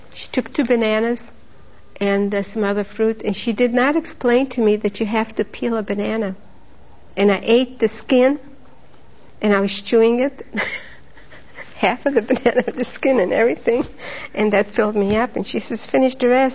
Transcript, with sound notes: She took two bananas and some other fruit, and she did not explain to me that you have to peel a banana. And I ate the skin, and I was chewing it. ( she laughs ) Half of the banana, and the skin and everything. And that filled me up, and she says, "Finish the rest."